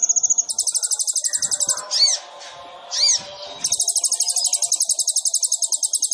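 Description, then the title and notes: Sunbird song: fast high rattling trills on either side of two loud sweeping whistles. Kolibri ninja sunbird in vigorous (gacor) song, full of isian fill-ins and tembakan bursts, meant to prompt other birds (pancingan). "MASTERAN KOLIBRI NINJA FULL ISIAN DAN TEMBAKAN COCOK BUAT PANCINGAN. Suara Burung Kolibri Ninja Gacor"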